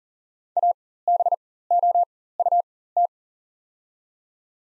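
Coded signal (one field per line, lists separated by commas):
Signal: Morse code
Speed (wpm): 40 wpm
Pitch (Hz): 700 Hz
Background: none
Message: ABOUT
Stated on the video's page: Morse practice of the top 200 words at 40wpm with 4x character spacing, Farnsworth-style timing for learners.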